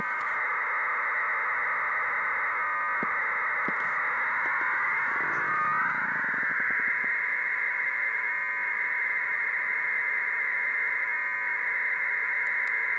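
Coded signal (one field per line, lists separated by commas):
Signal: radiosonde or satellite telemetry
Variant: 1200 baud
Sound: steady hissy data warble filling the whole clip, with a few faint clicks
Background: radio static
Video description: Receiving the signal from the hadie flight computer, 10km away. This test was to see if it was possible to fly a balloon transmitting at the much faster speed of 1200 baud.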